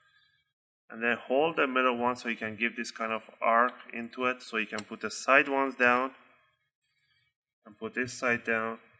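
A laptop keyboard for a Dell Inspiron 15 3000 Series is held by the middle and arced so its sides can be set down into the palmrest housing, ahead of pushing the top edge so its plastic locking tabs snap in. Someone talks throughout, with a pause near the end. Nothing has seated or clicked yet.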